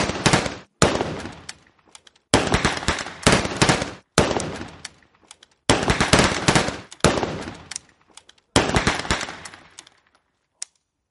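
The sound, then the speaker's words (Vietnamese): A firing squad's rifle volley in the rain, shooting a blindfolded young man: about seven loud, harsh bursts of gunfire in close succession, each crackling briefly and tailing off, then one last isolated shot after a pause. “Những tiếng súng chát chúa vang lên như sấm xé nát bầu trời.”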